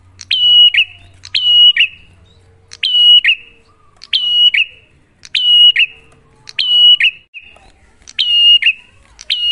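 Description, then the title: Bar-winged prinia song, a loud whistled phrase with a buzzy tail repeated in a steady series, clear over a quiet background. Prenjak lure audio for kept birds: duet of the Cililin and Kapas Tembak song styles; bird singing actively (gacor) with a clear voice. "Masteran Duet Cililin Vs Kapas Tembak. Pancingan Prenjak Gacor Suara Jernih"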